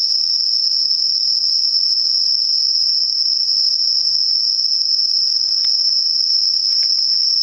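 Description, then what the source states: Insects singing: a steady, unbroken high-pitched ringing trill holds throughout, with a couple of faint clicks near the end. Night insects; recorded at night, dated 12 September 2023.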